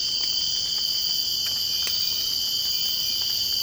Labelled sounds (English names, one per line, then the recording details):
none
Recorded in secondary vegetation near Puerto Asís, Putumayo, Colombia, on 24 March 2025 at 04:30
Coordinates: 0.502, -76.326
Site G100